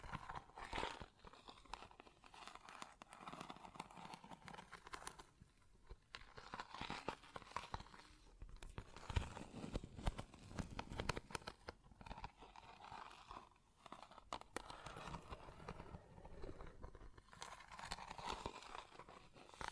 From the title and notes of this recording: ASMR Close Up Metallic Sounds (No Talking).